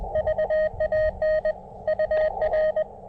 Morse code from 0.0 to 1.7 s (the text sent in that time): VAN